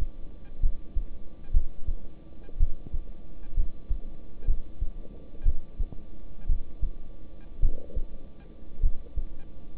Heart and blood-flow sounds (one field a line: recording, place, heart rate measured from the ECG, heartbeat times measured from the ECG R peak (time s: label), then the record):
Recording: heart sounds by stethoscope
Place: between the tricuspid and mitral areas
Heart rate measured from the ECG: 59 bpm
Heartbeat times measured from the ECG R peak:
0.61 s: heartbeat
1.52 s: heartbeat
2.58 s: heartbeat
3.55 s: heartbeat
4.46 s: heartbeat
5.44 s: heartbeat
6.47 s: heartbeat
7.60 s: heartbeat
8.81 s: heartbeat
9.77 s: heartbeat
From the record:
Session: rest, lying down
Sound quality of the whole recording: good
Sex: male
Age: 26 years